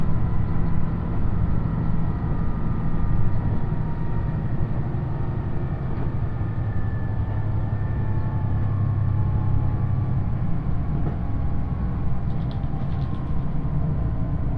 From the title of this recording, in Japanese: 予讃線特急宇和海5号 伊予大洲→宇和島